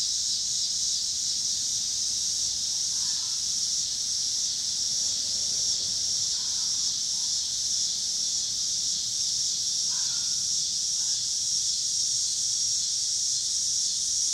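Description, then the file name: Cicadas in a steady, high, hissing buzz that never breaks, with a few faint short lower notes scattered through. Cicadas with car noise in Pittsburgh, Pennsylvania, on 26 August 2023. "cicadas and cars Pittsburgh PA"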